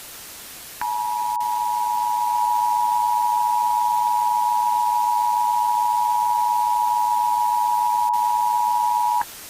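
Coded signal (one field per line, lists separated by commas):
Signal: Emergency Alert System (SAME) tones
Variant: 853 and 960 Hz attention tone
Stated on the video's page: Fictional EAS scenario.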